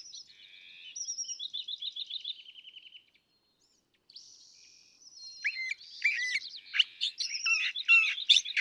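California thrasher song with fast repeated trilled notes, then a brief pause, then a burst of choppy, varied chirps and squeaky whistles.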